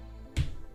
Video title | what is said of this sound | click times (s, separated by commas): 🔴 LIVE - It's My Birthday! - Science & Bees - see description for details | okay that was a very satisfying click believe | 0.4 s